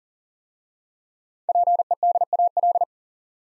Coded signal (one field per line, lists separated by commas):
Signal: Morse code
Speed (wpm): 38 wpm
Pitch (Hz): 700 Hz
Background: none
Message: PEDAL